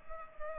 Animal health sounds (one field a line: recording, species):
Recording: mosquito wingbeat signal from an infrared sensor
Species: Culex pipiens